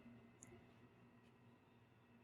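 On a milling dividing head, the index crank, stopped between the last two holes of the index plate, is gently tapped so the spring-loaded steel index pin snaps into the plate hole. A single sharp click at 0.4 s stands out over a steady low hum. The pin seats in the hole.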